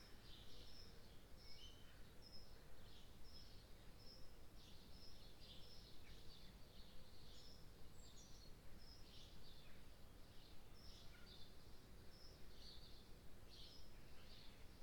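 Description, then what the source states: Birds twittering: a fairly continuous run of high, short chirps throughout, with a steady low rumble underneath. Birds in the morning.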